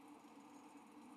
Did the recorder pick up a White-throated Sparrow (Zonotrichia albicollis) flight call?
no